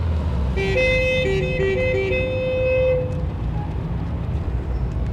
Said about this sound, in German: eine Verkehrsstauung mehr in Frankfurt. Ein absolut alltäglicher Vorgang bei Ihnen, nicht?